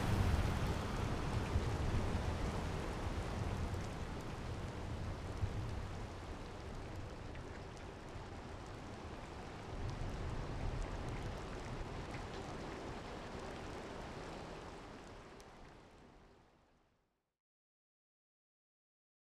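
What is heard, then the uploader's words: A storm pours down as dense, steady rain with a deep low rumble, swelling briefly around ten seconds before fading out near seventeen seconds. Storm 7.1.4. Audio Dolby Atmos.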